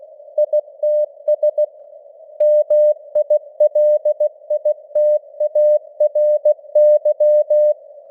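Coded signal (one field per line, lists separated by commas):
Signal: Morse code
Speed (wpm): 16 wpm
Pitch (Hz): 600 Hz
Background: none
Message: ITS MILITARY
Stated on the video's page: Simulated Morse news headlines at 16 wpm with simulated radio noise and varying signal strength (QSB).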